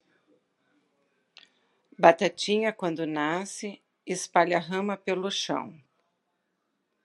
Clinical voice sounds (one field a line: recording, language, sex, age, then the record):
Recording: short text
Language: Brazilian Portuguese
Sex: female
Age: 60 to 69 years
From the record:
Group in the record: control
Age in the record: 65 years